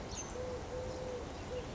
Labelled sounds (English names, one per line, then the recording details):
Eurasian Collared Dove
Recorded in Sonoma County, California